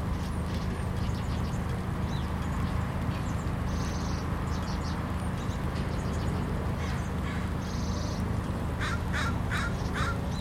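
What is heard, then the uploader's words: A backyard recording held under a steady low rumble, like traffic, that never lets up. Bird calls chirp and flicker throughout, with two harsher crow-like caws around four and eight seconds and a quick run of sharp calls near the end. Recorded in our backyard.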